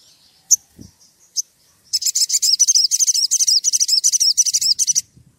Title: Pancingan Suara Siulan Kacer Gacor Mantap Untuk Memancing Kacer Lain Agar Mau Nyaut Bunyi